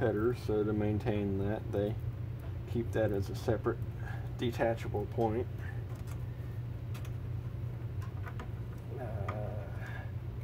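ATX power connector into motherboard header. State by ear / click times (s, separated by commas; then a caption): not seated / none. Someone talks while handling a plastic 20+4 pin (24-pin) ATX power connector and bringing it to the motherboard header, with a steady low hum underneath and a couple of faint ticks near the end. Nothing has seated or clicked yet.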